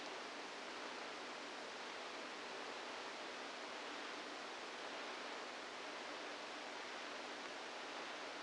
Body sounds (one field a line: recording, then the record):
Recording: brain microelectrode recording played as sound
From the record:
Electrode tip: outside the subthalamic nucleus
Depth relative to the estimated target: 2 mm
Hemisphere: right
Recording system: NeuroSet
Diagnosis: Parkinson's disease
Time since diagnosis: 7 years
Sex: female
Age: 68 years